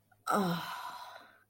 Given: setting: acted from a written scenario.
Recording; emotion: vocal sound without words; serenity